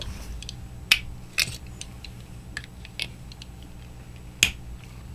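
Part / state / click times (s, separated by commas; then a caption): pull-off cap onto fountain pen barrel / seated / 0.9 s, 4.4 s. A pull-off cap snaps onto a Waterman Expert fountain pen, either posted on the back end or capped over the nib. Sharp, bright clicks sound at 0.9 s and 4.4 s, with quieter ticks and taps between them, and the cap seats securely.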